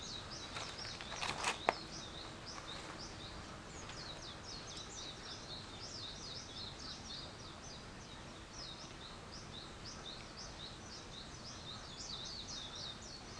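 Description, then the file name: Bird calls: rapid high chirps repeated in a steady twittering chatter, with a short burst of noise and a sharp click near the start. Wild birds; 21 April 2023. "wild-bird 230421"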